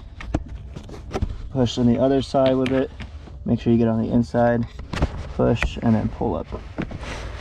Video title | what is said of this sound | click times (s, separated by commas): How to remove seats on mk4 Supra | and then just push up on it and you'll hear it click and it releases and you can just | 0.2 s, 0.3 s